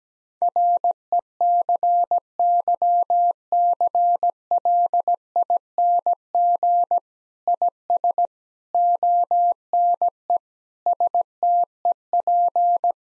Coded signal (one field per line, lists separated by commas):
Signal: Morse code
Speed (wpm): 17 wpm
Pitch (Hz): 700 Hz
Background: none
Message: RECYCLING IS ONE STEP